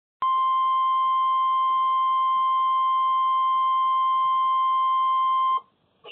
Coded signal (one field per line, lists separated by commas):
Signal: Emergency Alert System (SAME) tones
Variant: 1050 Hz attention tone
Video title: (ARCHIVED) STO FFW (EAS #259)